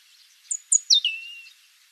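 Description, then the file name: European robin producing a few very high, thin whistled notes, the last one sliding down into a long, fading lower tone. "Erithacus rubecula"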